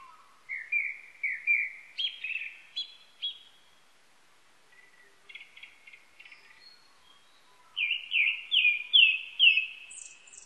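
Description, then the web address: Japanese thrush singing repeated rich whistled notes, a pause with faint squeaky twitters, then a loud series of five slurred whistles and a high squeak. Recorded 19 April 1998. "1998 980419 kurotugumi"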